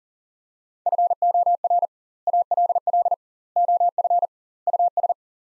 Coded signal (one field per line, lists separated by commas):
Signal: Morse code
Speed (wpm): 40 wpm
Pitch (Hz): 700 Hz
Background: none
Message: FOR ALL OF US